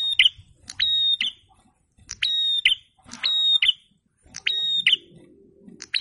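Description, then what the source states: Prinia song: sharp metallic phrases of a vertical click followed by a steady high whistle, repeated at short intervals, with faint low rumbling underneath. Masteran training recording; red-headed prenjak (prinia) in full song (gacor).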